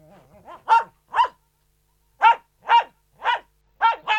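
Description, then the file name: Poodle giving soft whines, then two sharp barks, a pause, and a run of five more barks. Poodle barking indoors. "Digiffects Sound Effects Library - Poodle Dog Barking Indoors"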